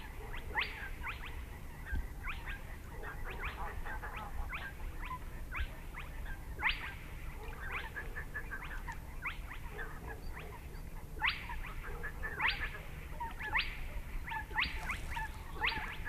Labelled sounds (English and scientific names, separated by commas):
Spotted Crake (Porzana porzana)